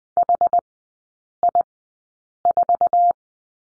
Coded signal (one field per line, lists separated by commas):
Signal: Morse code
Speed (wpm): 20 wpm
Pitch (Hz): 700 Hz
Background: none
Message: HI4